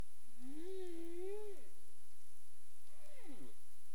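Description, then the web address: Humpback whale calling with a long wavering harmonic moan, then a quick downward-sweeping cry, over a faint steady high tone. 27 April 2035, 22:59 UTC. "CARIMAM. humpback whale 20350427 225931 UTC"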